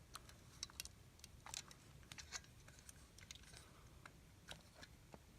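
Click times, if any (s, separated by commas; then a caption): none. A plastic Dewhurst elevator button component, lined up so it is aligned, is pressed into its button housing, producing a scattered series of small, sharp plastic ticks and taps against a low background hum. The part has not clicked in or seated.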